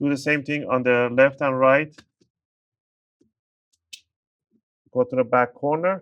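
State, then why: Released. Someone talks, then a guitar pick inserted 1–2 mm between the plastic palm rest and bottom cover of an HP Notebook 15 BS011LA laptop, opened at a 45-degree angle, is twisted along the left and right sides to pop the plastic retaining clips open. Two short clicks at 3.7 s and 3.9 s mark the clips releasing, then someone talks again.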